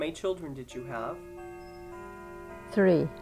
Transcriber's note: a chiming clock can be heard in the background